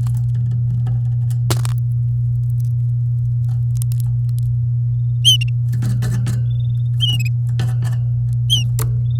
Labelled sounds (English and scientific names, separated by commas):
Domestic Canary (Serinus canaria) song